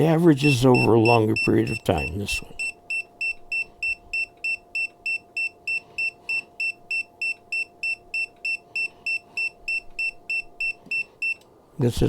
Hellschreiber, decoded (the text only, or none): none